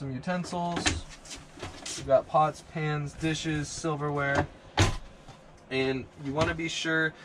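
Someone talks as a kitchen drawer in a 2023 Thor Tranquility 19L camper van is pushed firmly closed into its cabinet. The drawer's travel latch clicks shut at 4.8 s, so the drawer is seated and latched and won't fly open while driving.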